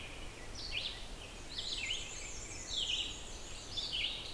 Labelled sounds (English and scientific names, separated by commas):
Red-eyed Vireo (Vireo olivaceus) song